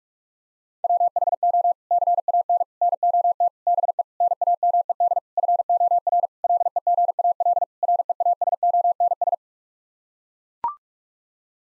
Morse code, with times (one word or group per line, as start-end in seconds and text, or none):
0.8-1.7 WHO
1.9-2.6 CAN
2.8-3.5 NOT
3.7-4.0 BE
4.2-5.2 NAMED
5.4-6.3 FOR
6.4-7.6 LEGAL
7.8-9.3 REASONS